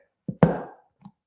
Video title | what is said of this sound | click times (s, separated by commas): You're not going to believe what I bought this time!!' #comicbooks #comiccons | You can hear it when I put it back together, you can hear the click. | 0.4 s